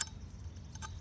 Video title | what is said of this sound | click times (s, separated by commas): How to Troubleshoot a Gas Grill Igniter - (Weber) - Why it isn't Sparking, Lighting, How to Replace | clicks into place. | 0.0 s